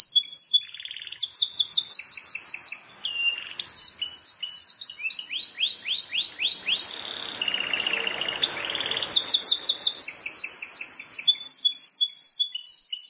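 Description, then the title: Plain prinia song: fast runs of rising slurred notes and high chips, with a brief noise in the middle. "Ciblek Sawah"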